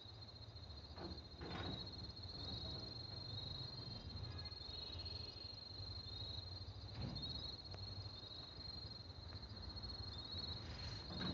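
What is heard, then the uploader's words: Outdoor ambience from the Garhwal Himalayas: a steady, thin high-pitched ringing drone holds throughout over a constant low rumble. A few short, scratchy bursts break through around the second mark and again near seven seconds, possibly faint animal calls. Sound of the Garhwal Himalayas.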